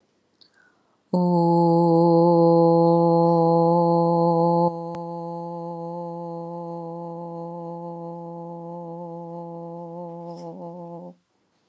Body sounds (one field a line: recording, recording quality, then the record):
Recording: sustained vowel as in boot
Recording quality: excellent, no background noise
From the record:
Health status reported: recovered from COVID-19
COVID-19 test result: positive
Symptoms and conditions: cold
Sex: female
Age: 42 years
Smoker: not ticked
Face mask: not worn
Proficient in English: yes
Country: India